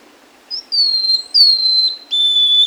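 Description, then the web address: Buff-breasted mountain tanager song: a short high note followed by three thin whistles, the first two slurring downward, the last held level. Recorded in Ecuador. "Birds of Ecuador. Buff-Breasted Mountain-Tanager"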